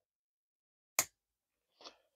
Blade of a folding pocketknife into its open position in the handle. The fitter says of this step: snaps into place nicely